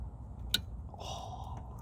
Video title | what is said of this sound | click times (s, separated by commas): 2005 Chevy Tahoe: Blower Motor Resistor Replacement | that's the click you like to hear folks | 0.5 s